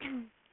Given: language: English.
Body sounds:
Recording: throat vibration sensor signal played as sound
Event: throat clearing

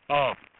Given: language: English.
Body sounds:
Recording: throat vibration sensor signal played as sound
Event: speech

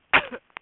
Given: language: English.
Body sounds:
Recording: throat vibration sensor signal played as sound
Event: cough

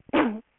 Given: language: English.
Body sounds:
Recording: throat vibration sensor signal played as sound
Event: cough

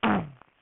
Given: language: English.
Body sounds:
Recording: throat vibration sensor signal played as sound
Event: throat clearing

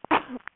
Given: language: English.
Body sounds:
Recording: throat vibration sensor signal played as sound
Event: cough

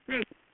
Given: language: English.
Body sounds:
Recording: throat vibration sensor signal played as sound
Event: speech

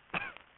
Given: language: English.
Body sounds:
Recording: throat vibration sensor signal played as sound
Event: cough

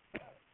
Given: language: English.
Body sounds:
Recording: throat vibration sensor signal played as sound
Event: cough

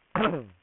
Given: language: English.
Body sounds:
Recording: throat vibration sensor signal played as sound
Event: throat clearing

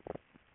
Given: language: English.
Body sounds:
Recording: throat vibration sensor signal played as sound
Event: swallow

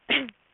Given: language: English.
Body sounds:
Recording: throat vibration sensor signal played as sound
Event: cough

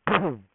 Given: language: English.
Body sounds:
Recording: throat vibration sensor signal played as sound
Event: throat clearing

